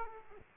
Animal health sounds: mosquito wingbeat signal from an infrared sensor; Aedes aegypti

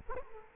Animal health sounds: mosquito wingbeat signal from an infrared sensor; Culex quinquefasciatus

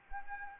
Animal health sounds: mosquito wingbeat signal from an infrared sensor; Anopheles arabiensis

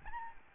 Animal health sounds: mosquito wingbeat signal from an infrared sensor; Aedes albopictus

